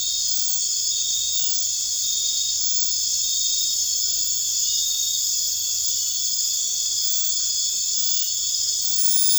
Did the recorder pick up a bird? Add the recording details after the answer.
no. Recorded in dense forest near Puerto Asís, Putumayo, Colombia, on 21 March 2025 at 23:30. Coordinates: 0.484, -76.317. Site G064